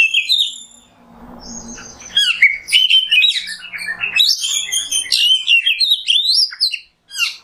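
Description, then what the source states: Oriental magpie-robin song: rich, varied whistled phrases with rapid chirps and slurred notes, pausing briefly near the start, then a dense burst of sweet notes. Masteran kacer in the nembak song style, a tutor song for training songbirds.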